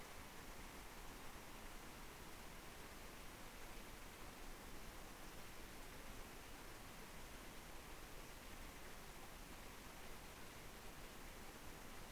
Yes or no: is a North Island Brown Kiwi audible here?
no